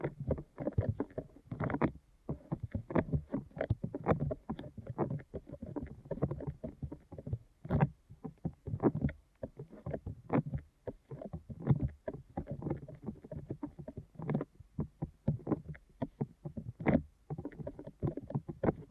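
Deep ear canal massage sounds: dense, muffled thumping and rubbing in quick irregular bursts, low and heavy, continuing steadily throughout.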